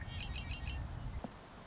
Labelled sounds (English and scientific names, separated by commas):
Red-winged Blackbird (Agelaius phoeniceus)